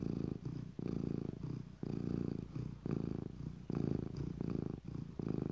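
Cat purr, a deep rumble pulsing in repeated breath-length bursts with brief quieter gaps between them.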